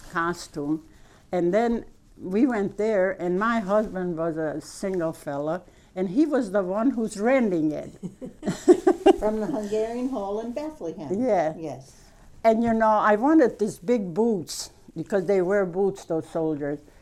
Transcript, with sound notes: costume, and then we went there and my husband was a single fellow, and he was the one who's renting it." ( they laugh )
From the Hungarian hall in Bethlehem.
Yes. And, you know, I wanted these big boots, because they were boots for soldiers.